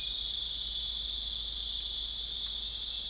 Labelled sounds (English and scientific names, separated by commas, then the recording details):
none
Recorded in dense forest near Puerto Asís, Putumayo, Colombia, on 20 December 2024 at 19:00
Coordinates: 0.484, -76.325
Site G056